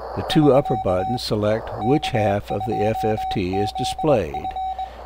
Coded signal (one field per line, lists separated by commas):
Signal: Morse code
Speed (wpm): 21 wpm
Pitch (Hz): 760 Hz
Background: speech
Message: <SK> K2ZF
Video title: STM32F411 BlackPill SDR Demodulator & GUI